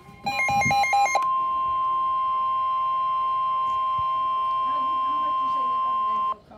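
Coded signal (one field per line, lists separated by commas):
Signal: Emergency Alert System (SAME) tones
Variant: 1050 Hz attention tone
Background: speech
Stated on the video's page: Special marine warning from the National Weather Service.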